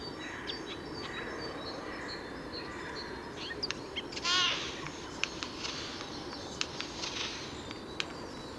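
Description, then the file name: Eurasian jay song: soft scattered clicks and chirps with a single louder stacked note midway, over a steady background hiss. Song recorded on 2 March 2014. "Eichelhaeher 02 03 2014 Gesang"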